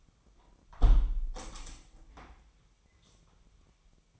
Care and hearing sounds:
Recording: daily activity, microphone in the room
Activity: close window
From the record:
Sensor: 1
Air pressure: 997.9 hPa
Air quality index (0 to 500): 124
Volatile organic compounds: 3 ppm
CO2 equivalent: 1474 ppm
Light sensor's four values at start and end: 17/56/23/23 and 17/57/23/23

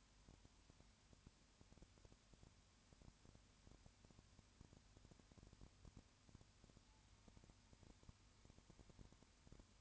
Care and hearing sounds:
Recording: daily activity, microphone in the room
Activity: no activity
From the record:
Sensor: 2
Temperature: 20.3 degrees Celsius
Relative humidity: 35.6%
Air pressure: 1001.0 hPa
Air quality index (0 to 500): 197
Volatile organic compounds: 5 ppm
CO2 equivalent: 1733 ppm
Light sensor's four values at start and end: 2/3/2/2 and 2/3/2/2

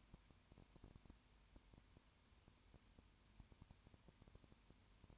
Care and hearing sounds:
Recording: daily activity, microphone in the room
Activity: no activity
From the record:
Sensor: 2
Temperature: 20.8 degrees Celsius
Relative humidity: 38.3%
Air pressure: 1010.4 hPa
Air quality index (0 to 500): 200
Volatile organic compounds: 19 ppm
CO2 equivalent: 2654 ppm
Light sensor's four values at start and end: 2/3/2/2 and 2/3/2/2

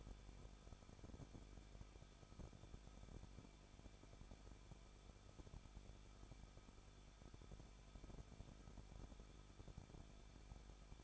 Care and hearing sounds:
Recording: daily activity, microphone in the room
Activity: no activity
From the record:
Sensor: 5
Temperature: 20.8 degrees Celsius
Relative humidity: 38.4%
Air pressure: 1006.5 hPa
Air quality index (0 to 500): 191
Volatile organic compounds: 20 ppm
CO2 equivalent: 2701 ppm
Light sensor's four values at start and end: 2/3/1/1 and 2/3/1/1

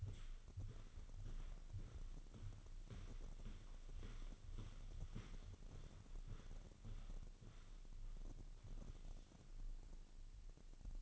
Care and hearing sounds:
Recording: daily activity, microphone in the room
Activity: walk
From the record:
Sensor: 4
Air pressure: 1010.1 hPa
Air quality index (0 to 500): 172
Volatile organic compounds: 2 ppm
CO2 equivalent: 1246 ppm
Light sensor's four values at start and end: 51/125/53/58 and 50/123/52/57

